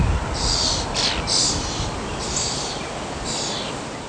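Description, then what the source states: European Starling making buzzy, hissing calls, five broad rasps in quick irregular succession, with faint low background hum. Juvenile bird.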